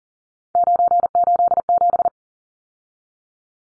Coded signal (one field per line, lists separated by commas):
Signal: Morse code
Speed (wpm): 40 wpm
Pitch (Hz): 700 Hz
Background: none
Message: 987